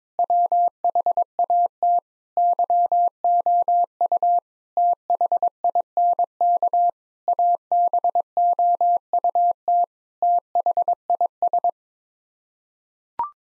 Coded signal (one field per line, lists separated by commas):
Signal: Morse code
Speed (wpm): 22 wpm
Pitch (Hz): 700 Hz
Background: none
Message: WHAT YOU THINK ABOUT THIS